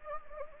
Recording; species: mosquito wingbeat signal from an infrared sensor; Anopheles gambiae